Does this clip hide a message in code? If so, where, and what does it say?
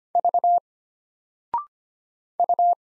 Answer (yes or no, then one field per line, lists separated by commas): yes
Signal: Morse code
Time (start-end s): 0.2-2.7 s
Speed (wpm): 25 wpm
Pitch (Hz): 700 Hz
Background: none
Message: V U